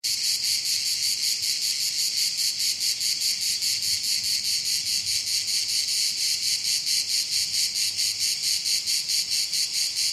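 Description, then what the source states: Shrill cicada buzzing, rapidly pulsing and sustained, filling the whole recording without pause. Cicadas calling on a hot summer day.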